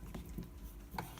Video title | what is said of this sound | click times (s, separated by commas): Independent Lock co Turret DUPLICATOR | see this locks in place and the turrets secure | 1.0 s